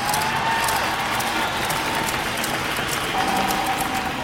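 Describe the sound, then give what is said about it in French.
A large crowd of nearly 10,000 at Bucharest airport claps and cheers Nadia Comăneci in a dense, unbroken roar that holds steady for several seconds, with a thin sustained cry or whistle rising above the applause at moments. “À sa sortie de l'avion, Nadia Comăneci est acclamée par la foule.”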